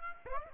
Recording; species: mosquito wingbeat signal from an infrared sensor; Aedes aegypti